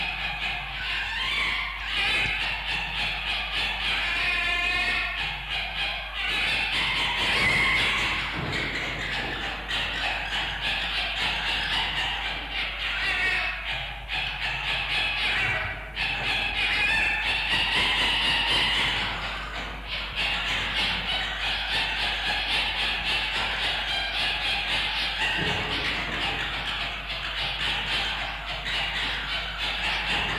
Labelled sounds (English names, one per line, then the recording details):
Red Fox
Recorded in captivity
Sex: diverse
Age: adult
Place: Zoologisches Institut der HUB, Berlin, DE
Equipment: Elmetra
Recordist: Tembrock, Günter
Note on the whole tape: Tonband Kopie 2: Erwachsene Füchse: Rotfuchs-Lautgebung-Lautinventar (Beschreibung siehe Beipackzettel)